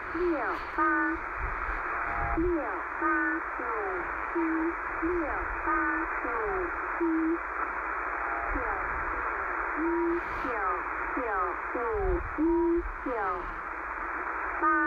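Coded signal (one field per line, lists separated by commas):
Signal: numbers station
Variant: V13, Chinese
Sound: short, evenly paced spoken syllables in a tonal language over steady radio hiss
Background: radio static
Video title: Websdr: V13 Taiwanese Numbers Station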